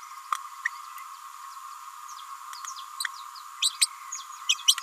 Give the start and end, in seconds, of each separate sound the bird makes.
0.65-0.68, 3.61-3.71, 3.81-3.87, 4.48-4.57, 4.67-4.76